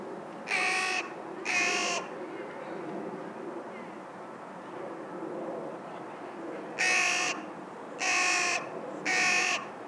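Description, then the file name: Carrion crow cawing harshly, two caws early, then three more after a quiet stretch, spaced about a second apart, over steady background noise. "Corvus corone - Carrion Crow"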